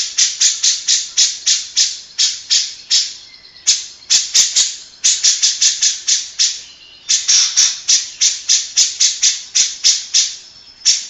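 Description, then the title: Grey-cheeked bulbul giving harsh, rasping notes in rapid runs of about four per second, with short pauses between bursts; no other clear sounds. Long-duration masteran song, made for training birds. "Cucak Jenggot Masteran Durasi Panjang"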